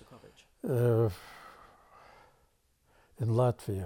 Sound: sighs

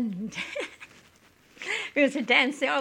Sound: she laughs

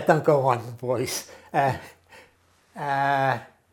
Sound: chuckles

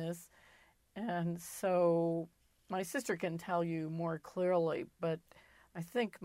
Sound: none

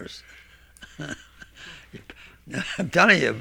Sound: he laughs

